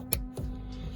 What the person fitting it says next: And so once you hear that click, you know that your connector's plugged in.